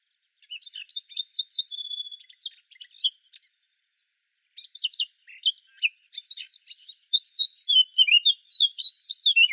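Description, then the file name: Eurasian blackcap calls: a brief rapid trill, then a busy stream of scratchy chatter and quick twittered notes. "Sylvia atricapilla"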